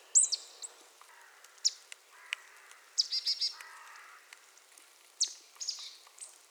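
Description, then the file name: Marsh tit calls: sharp high chirps and a quick run of three short notes, scattered throughout with lower soft sounds between. "Poecile palustris"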